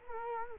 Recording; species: mosquito wingbeat signal from an infrared sensor; Culex quinquefasciatus